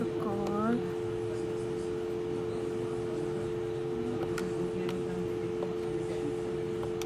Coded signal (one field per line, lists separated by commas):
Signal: telephone call progress tone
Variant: North America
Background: speech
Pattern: dial tone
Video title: Dial tone lost issue